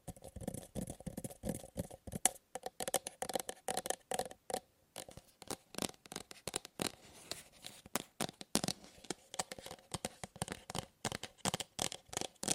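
Tapping on objects, a dense run of sharp crisp hits, fast flurries alternating with slightly spaced strokes across the full thirteen seconds. The taps sound bright and papery, with a faint steady midrange tone under the first half and brief quiet gaps near five and eight seconds.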